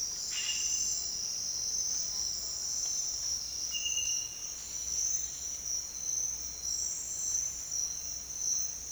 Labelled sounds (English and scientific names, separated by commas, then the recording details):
none
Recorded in dense forest near Puerto Asís, Putumayo, Colombia, on 22 June 2025 at 07:00
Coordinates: 0.468, -76.322
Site GP03